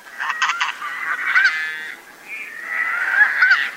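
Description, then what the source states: Snow goose: snow geese calling in a dense flock, overlapping nasal honks and yelps forming a continuous chorus that swells, dips briefly, then builds again. Tokachi Plain, Hokkaido, Japan.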